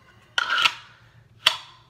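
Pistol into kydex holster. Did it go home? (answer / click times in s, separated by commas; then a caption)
partly / 0.4 s, 1.5 s. An unloaded pistol is pushed into a kydex holster whose retention has been loosened, with the rubber band removed. Sharp, bright plastic clicks ring out at 0.4 s and again at 1.5 s, each fading quickly. The holster clicks but does not retain the gun, which falls right out.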